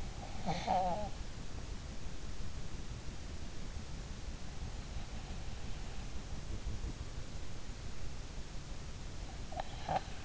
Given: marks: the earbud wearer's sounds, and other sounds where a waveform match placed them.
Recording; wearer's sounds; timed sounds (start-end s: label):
sounds in sleep by an in-ear microphone; snoring breath
0.00-1.17 s: snoring breath
9.37-10.25 s: snoring breath